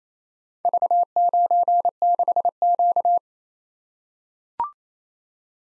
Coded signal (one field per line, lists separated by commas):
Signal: Morse code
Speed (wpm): 27 wpm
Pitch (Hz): 700 Hz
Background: none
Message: V96Q